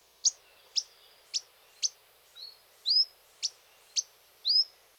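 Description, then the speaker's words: Akikiki giving simple calls: repeated sharp, very high chips mixed with a few brief rising whistled notes. Endangered, fewer than 500 birds left on Kauai; its simple call can still occasionally be heard, while the song has become very hard to hear. "It has become very hard to hear the song of the akikiki lately, but their more simple call can still occasionally be heard."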